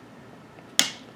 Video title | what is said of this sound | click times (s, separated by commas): Update: Bear Creek Arsenal Gen 1 replacement handle from Allen Precison Mfg. | there we go once it cracks like that it's set so that is 35 pound feet so | 0.8 s